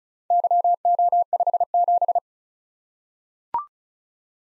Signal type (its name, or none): Morse code